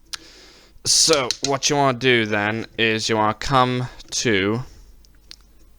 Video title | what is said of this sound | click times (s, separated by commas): Transformers Generations Haslab Deathsaurus review (first thoughts and experience) | as I said click into place there | 0.1 s